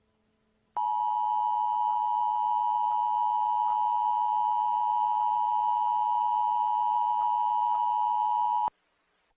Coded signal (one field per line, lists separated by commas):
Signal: Emergency Alert System (SAME) tones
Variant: 853 and 960 Hz attention tone